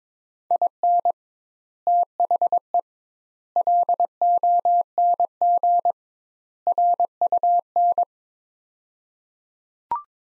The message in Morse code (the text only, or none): IN THE LONG RUN